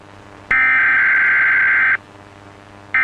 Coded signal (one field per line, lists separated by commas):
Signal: Emergency Alert System (SAME) tones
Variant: header bursts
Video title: Eas civil emergency message